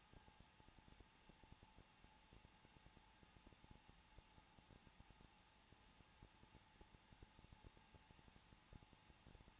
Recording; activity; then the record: daily activity, microphone in the room; no activity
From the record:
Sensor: 1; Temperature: 20.2 degrees Celsius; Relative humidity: 35.7%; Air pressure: 994.5 hPa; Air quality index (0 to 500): 182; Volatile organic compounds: 7 ppm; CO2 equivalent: 1999 ppm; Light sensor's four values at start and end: 1/2/1/1 and 1/2/1/1